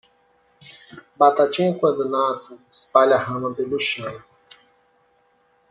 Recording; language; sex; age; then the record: short text; Brazilian Portuguese; male; 20 to 29 years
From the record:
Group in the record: control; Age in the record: 24 years